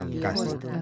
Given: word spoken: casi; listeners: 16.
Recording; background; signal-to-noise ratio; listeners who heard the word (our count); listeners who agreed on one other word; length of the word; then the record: one Spanish word in noise, from a listening test; four-talker babble; -2.8 dB; 1 of 16; 11 of 16; 0.42 s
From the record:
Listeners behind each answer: 11, 1, 1, 1, 1, 1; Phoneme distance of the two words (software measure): 10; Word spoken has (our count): 2 syllables, 4 phonemes, stress on syllable 1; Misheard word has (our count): 2 syllables, 4 phonemes, stress on syllable 1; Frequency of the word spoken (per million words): 478.27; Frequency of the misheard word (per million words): 557.58